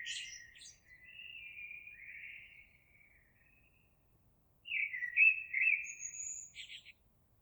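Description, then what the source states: Eurasian blackbird song: high scratchy notes, soft fluting phrase, a pause, then a louder warbled phrase with a thin high whistle and twitter at its end. Recorded 26 April 2022.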